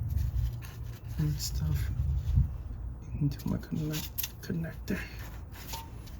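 A wiring harness connector is handled at the rear differential temperature sensor of a BMW G20 M340i xDrive as it is about to be plugged back on after the sensor is reinstalled. Someone talks over faint rubbing and shuffling handling sounds. Nothing has seated or clicked yet.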